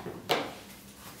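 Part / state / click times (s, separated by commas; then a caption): magnetic catch of a folding phone scanning stand / seated / 0.3 s. The two halves of a folding phone scanning stand are swung towards each other until the magnetic catches on each side snap together. A single sharp click at 0.3 s, broadband and strongest from about 300 Hz to 4 kHz, stands out against a quiet background. The magnets are seated.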